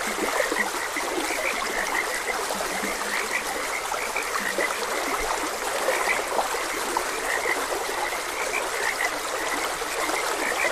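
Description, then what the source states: Frogs croak in a busy chorus of short clicky notes, plus a few low drawn-out croaks early on, against constant stream water noise. Frogs croaking beside a gentle stream.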